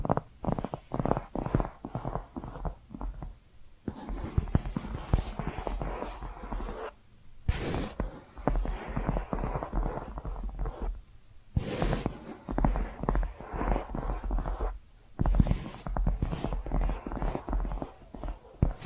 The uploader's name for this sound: Hypnotic Tapping & Scratching Sounds